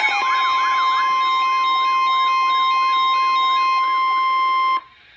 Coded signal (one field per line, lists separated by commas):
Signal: Emergency Alert System (SAME) tones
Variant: 1050 Hz attention tone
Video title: Special Marine Warning #6 - 08/02/15 (EAS #969)